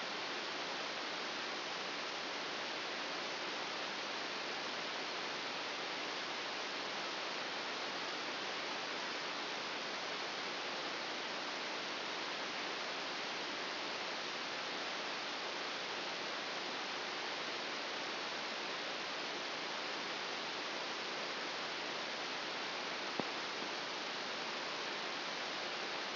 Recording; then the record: brain microelectrode recording played as sound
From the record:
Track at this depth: inside the subthalamic nucleus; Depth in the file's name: 1.405 mm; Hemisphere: right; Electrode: 2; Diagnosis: Parkinson's disease